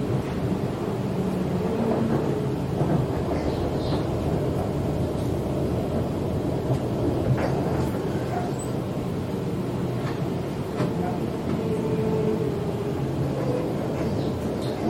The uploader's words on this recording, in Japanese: Go to City by Sydney Train 電車でシドニー市内に向かう。